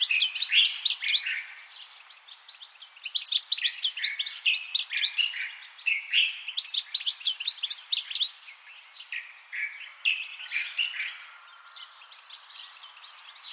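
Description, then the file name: European goldfinch giving fast, liquid twittering bursts of high tinkling notes, several outbursts separated by brief pauses, with quieter chirps toward the end. "Carduelis carduelis"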